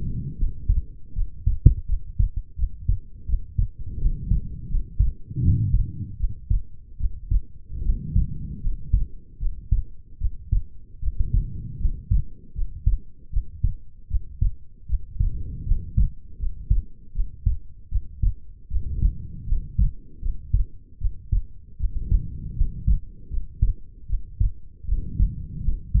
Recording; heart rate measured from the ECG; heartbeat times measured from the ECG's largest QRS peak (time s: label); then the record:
heart sounds by stethoscope; 78 bpm
0.36 s: heartbeat
1.13 s: heartbeat
1.85 s: heartbeat
2.55 s: heartbeat
3.25 s: heartbeat
3.98 s: heartbeat
4.68 s: heartbeat
5.40 s: heartbeat
6.17 s: heartbeat
6.97 s: heartbeat
7.81 s: heartbeat
8.61 s: heartbeat
9.38 s: heartbeat
10.18 s: heartbeat
10.99 s: heartbeat
11.78 s: heartbeat
12.53 s: heartbeat
13.30 s: heartbeat
14.07 s: heartbeat
14.86 s: heartbeat
15.64 s: heartbeat
16.37 s: heartbeat
17.12 s: heartbeat
17.88 s: heartbeat
18.68 s: heartbeat
19.45 s: heartbeat
20.20 s: heartbeat
20.98 s: heartbeat
21.77 s: heartbeat
22.54 s: heartbeat
23.28 s: heartbeat
24.06 s: heartbeat
24.85 s: heartbeat
25.61 s: heartbeat
From the record:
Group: healthy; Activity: rest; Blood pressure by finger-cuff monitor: 119/82 mmHg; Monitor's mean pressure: 94 mmHg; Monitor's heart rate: 77 bpm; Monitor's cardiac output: 6.3 L/min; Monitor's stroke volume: 80 mL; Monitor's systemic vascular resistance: 1070 dyn s/cm5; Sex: female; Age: 22 years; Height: 160 cm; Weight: 45 kg